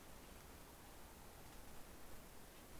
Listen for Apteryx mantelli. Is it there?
no